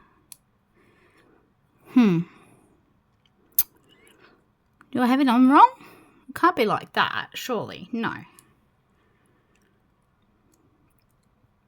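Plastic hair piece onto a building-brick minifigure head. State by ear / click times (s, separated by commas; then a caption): not seated / none. A plastic hair piece is handled on a building-brick minifigure head while someone talks, wondering if it is on the wrong way. Faint taps and one sharp click-like transient near 3.6 s are heard between the speech, but the hair piece has not yet seated or clicked onto the head.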